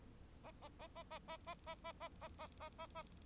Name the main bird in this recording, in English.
Bengalese Finch